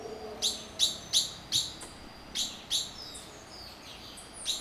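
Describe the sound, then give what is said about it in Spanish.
Bright, high chirps of toucans and hummingbirds in the forest on the banks of the Veracruz river at Guasimal de Punta Arenas, shortly before dawn. The chirps repeat in two quick bursts of about four notes each, sharp and clear against a quiet hiss of background, with no voices. “Poco antes del amanecer despiertan los congos, tucanes y colibríes que viven en los bosques de sus orillas.”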